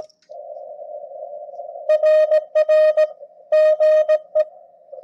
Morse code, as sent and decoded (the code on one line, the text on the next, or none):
.-. .-. / --. .
RR GE